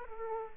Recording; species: mosquito wingbeat signal from an infrared sensor; Aedes aegypti